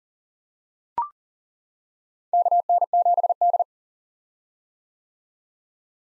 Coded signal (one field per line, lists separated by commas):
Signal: Morse code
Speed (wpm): 39 wpm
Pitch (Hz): 700 Hz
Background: none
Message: KN7D